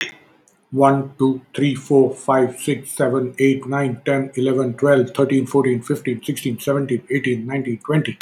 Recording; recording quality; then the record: counting at a fast pace; excellent, no background noise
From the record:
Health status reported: exposed to COVID-19, no respiratory illness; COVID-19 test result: negative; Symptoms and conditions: diabetes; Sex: male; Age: 50 years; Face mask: worn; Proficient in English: yes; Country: India